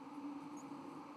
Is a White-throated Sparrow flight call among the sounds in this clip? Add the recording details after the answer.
no. Another species' flight call is heard. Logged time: 03:52 on 13 November 2014